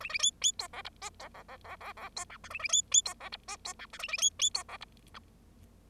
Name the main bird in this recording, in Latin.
Lonchura striata domestica